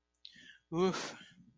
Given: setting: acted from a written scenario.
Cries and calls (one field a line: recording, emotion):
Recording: vocal sound without words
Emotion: relief